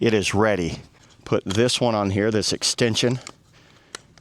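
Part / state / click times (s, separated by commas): extension wand onto spray nozzle / seated / 3.9 s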